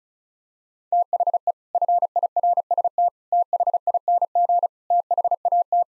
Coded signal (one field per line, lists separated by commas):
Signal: Morse code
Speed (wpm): 34 wpm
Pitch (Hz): 700 Hz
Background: none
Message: THE FIRST THING THAT